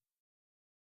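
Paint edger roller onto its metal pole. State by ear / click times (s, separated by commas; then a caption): not seated / none. A paint edger roller is being slid onto its metal pole. A brief faint rustle of handling lasts about 0.2 seconds, then silence. Nothing has clicked or locked into place yet.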